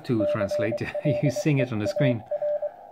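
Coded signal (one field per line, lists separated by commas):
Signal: Morse code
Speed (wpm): 23 wpm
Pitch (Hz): 590 Hz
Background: speech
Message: CLEAR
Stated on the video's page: CW contacts on 40m using an 8010P end-fed antenna installed on a roof.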